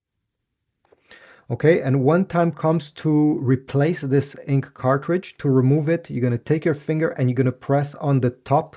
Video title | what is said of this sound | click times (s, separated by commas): HP Envy 6155e : How to Replace the Ink Cartridges | then we will have to push it towards the printer with your thumb until it clicks in place. | 1.1 s